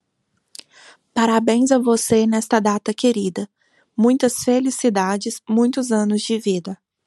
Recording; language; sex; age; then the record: short text; Brazilian Portuguese; female; 30 to 39 years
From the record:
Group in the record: control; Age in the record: 36 years